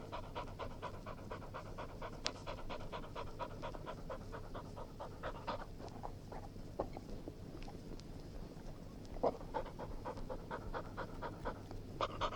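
English springer spaniel panting, rapid steady breaths with occasional louder puffs, over a constant low hum.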